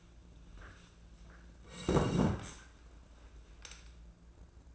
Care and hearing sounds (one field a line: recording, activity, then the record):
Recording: daily activity, microphone in the room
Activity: sit down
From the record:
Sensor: 2